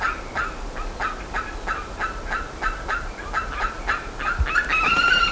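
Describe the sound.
Bird calling in a rapid series of harsh, clucking notes, about three or four a second, over a constant background hiss.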